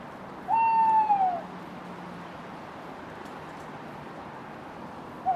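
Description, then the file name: Owl hoot: one long, steady tonal note that drops a little at its close, followed after several quiet seconds by a brief, soft second note. "hibou"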